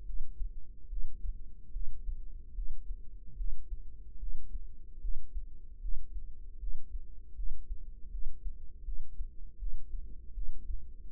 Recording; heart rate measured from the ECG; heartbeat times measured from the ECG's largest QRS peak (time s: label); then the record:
heart sounds by microphone in the right ear; 76 bpm
0.05 s: heartbeat
0.89 s: heartbeat
1.72 s: heartbeat
2.54 s: heartbeat
3.36 s: heartbeat
4.18 s: heartbeat
5.00 s: heartbeat
5.80 s: heartbeat
6.59 s: heartbeat
7.35 s: heartbeat
8.10 s: heartbeat
8.84 s: heartbeat
9.58 s: heartbeat
10.33 s: heartbeat
11.09 s: heartbeat
From the record:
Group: healthy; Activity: breath hold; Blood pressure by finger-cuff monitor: 108/70 mmHg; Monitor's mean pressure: 81 mmHg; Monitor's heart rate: 73 bpm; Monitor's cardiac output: 6 L/min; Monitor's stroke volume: 81 mL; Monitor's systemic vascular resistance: 970 dyn s/cm5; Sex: female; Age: 19 years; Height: 163 cm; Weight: 48.9 kg